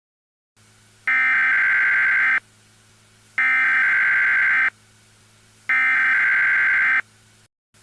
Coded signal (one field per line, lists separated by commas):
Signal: Emergency Alert System (SAME) tones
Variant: header bursts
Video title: Sketch Gang TV Interrupted by an EAS (FAKE)